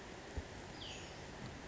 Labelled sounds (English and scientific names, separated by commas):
Western Flycatcher (Empidonax difficilis)